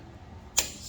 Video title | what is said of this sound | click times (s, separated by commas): Swapping in Sky's 3F Race Springs! | that satisfying click see that one got a little quarter turn more | 0.6 s